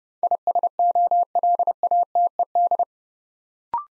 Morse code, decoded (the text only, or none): ISOLATED